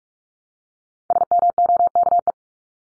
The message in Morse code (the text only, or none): SMOKE